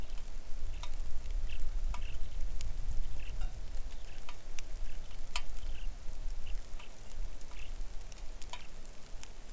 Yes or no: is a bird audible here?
yes